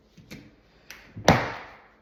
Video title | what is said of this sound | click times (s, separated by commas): How to Replace/Change your car remote FOB battery. (Honda) | You hear the pop. | 1.3 s